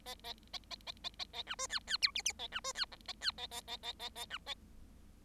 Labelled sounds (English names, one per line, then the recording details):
Bengalese Finch song
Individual Bird7